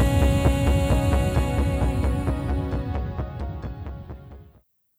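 Steady pulses at about 133 a minute under sustained musical tones: a child's heartbeat set into a song, a heartbeat song made as a memorial of a terminally ill child for the family.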